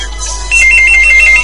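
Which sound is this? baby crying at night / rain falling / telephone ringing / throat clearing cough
telephone ringing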